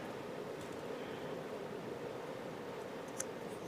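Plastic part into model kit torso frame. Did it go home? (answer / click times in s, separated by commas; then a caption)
yes / 3.2 s. A plastic part of an MG Gundam Storm Bringer model kit is pushed in and then slid into position on the torso frame over a steady low hiss. A small, sharp click at 3.2 s marks the part seating home.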